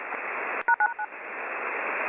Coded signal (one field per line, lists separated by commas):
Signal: DTMF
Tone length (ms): 90 ms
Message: #9#9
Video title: Something is happening after 22 years our number stations have went live!!!!